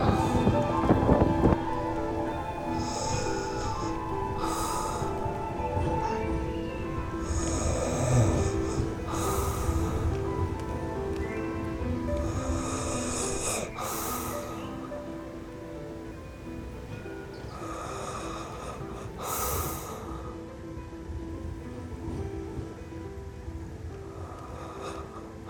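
A man sleeps, his slow breathing rising into snorts and rasping snores at intervals, with sharper hissing breaths near 3, 5, 9, 14 and 19 seconds. Underneath runs a steady low hum, and the whole recording grows slightly quieter after the opening seconds.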